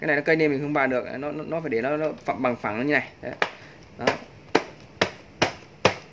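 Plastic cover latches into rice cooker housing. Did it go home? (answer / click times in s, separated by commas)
yes / 4.6 s, 5.0 s, 5.4 s, 5.9 s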